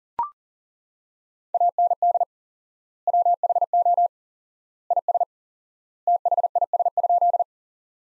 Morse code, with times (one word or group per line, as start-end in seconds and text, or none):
1.5-2.2 AND
3.1-4.1 WHO
4.9-5.2 IS
6.1-7.4 THIS?